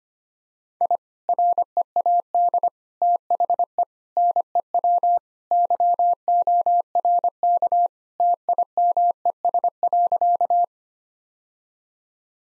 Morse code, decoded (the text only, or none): I READ THE NEW YORK TIMES.